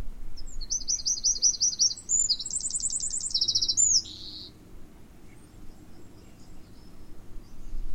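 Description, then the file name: Eurasian wren song: a quick series of high, sharply trilled notes for nearly four seconds, then only faint low background rumble. "Troglodytes troglodytes"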